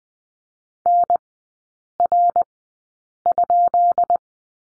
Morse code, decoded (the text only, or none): NR?